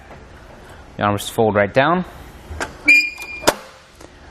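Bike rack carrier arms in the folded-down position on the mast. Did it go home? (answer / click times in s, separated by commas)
yes / 3.5 s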